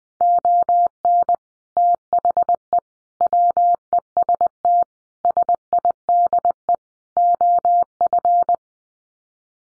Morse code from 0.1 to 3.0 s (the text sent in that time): ON THE